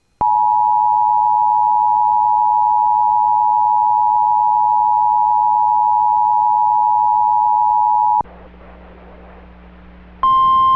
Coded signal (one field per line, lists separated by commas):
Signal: Emergency Alert System (SAME) tones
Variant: 853 and 960 Hz attention tone